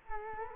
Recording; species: mosquito wingbeat signal from an infrared sensor; Culex quinquefasciatus